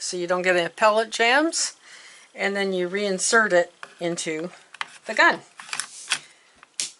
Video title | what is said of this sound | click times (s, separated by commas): Unboxing And First Look At Crosman C1911 CO2 .177 Cal Semi Auto Pellet Pistol 🔫 👋🤓 | Like so. There's a click. | 6.8 s